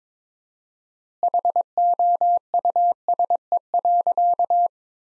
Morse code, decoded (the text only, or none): HOUSE.